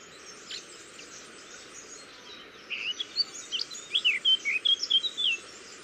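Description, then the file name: Eurasian blackcap song, a quick run of warbled, slurred whistles building in the second half, with a constant low rushing noise behind. "Sylvia atricapilla"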